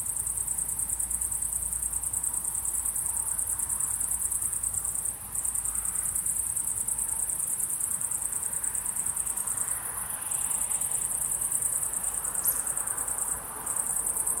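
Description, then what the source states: Crickets chirping in a steady high, rapidly pulsed chorus, briefly faltering a few times, over a soft rumbling background. Crickets at sunset.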